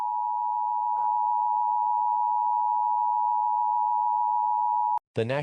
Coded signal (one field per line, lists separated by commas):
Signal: Emergency Alert System (SAME) tones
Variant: 853 and 960 Hz attention tone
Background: speech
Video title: EAS Scenario #5: When the Trees Burn (feat. EAceS, DiamondLegendz, and Lumenair)